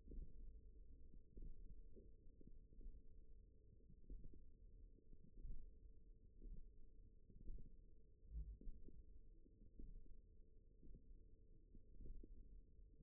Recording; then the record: forearm muscle sounds (acoustic myography)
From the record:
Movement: index flexion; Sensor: system 1, eight BSWA MPA416 microphones around the upper forearm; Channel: 4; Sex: female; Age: 20 years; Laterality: right